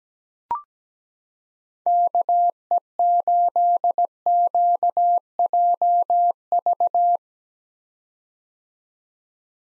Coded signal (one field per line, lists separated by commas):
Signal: Morse code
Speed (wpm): 17 wpm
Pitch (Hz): 700 Hz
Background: none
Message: KE8QJV